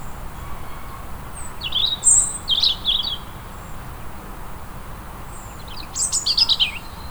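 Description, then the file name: European robin song: two phrases of high, liquid, tumbling notes separated by a few seconds of low hum. "Erithacus rubecula"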